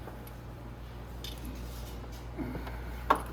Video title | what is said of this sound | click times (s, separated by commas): Installing a Nibbi Carburetor on your Venom X22r | it just pops right in the intake here like this | 3.1 s